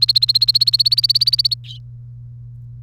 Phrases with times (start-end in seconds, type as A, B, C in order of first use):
0.00-1.54 A